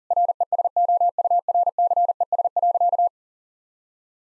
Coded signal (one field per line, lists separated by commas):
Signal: Morse code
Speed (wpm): 40 wpm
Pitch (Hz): 700 Hz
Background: none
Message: RESOURCES.